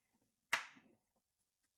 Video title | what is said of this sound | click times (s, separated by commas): HPD Lower Door Trim - Honda Ridgeline - Black Edition | Nice satisfying click. | 0.5 s